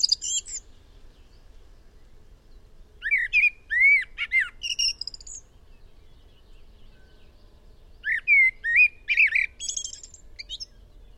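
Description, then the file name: Eurasian blackbird song: after the tail of an earlier phrase, fluty whistled phrases rising and falling, each tailed by thin high twitters, in two bursts with a long silent gap between. "Turdus merula"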